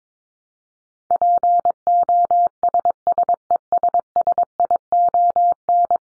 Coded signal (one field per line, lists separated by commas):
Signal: Morse code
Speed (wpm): 22 wpm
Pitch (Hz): 700 Hz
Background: none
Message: POSSESSION